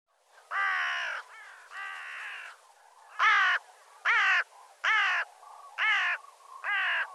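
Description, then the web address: Bird giving harsh, crow-like caws: two long drawn calls, then five shorter caws in steady succession, each rough and nasal, with a quiet background. "cianscape birddata"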